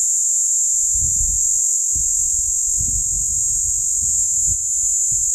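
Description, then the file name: Platypleura plumosa cicada: even, unbroken song in a high register, interrupted below by repeated gusts of wind rumble. Platypleura plumosa, recorded at Steytlerville. "P plumosa Steydtlerville"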